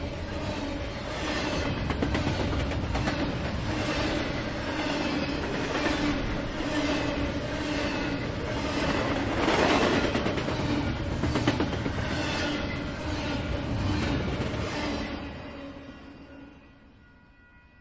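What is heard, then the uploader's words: A freight train rolls past, its loud, dense rumble and clattering wheels steady for fifteen seconds before fading quickly away. Interlude: Freight Rolling Through Norway, Iowa. A freight train barreling through Norway, Iowa, something that happens about every 20 minutes or so.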